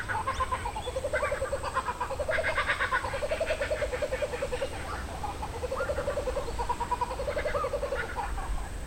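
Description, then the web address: Kookaburras in chorus, several birds giving rolling, cackling laughter in rising and falling bursts, overlapping throughout. A group of kookaburras. "Sound Effects-Foundation BIRD KOOKABURRA GROUP"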